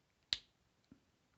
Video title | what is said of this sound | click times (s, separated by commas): Maxwell's Reviews: Transformers War for Cybertron Kingdom Voyager Class Optimus Primal | and bring them down and they believe it or not actually do click into place and i'll bring it up close so you can hear it | 0.3 s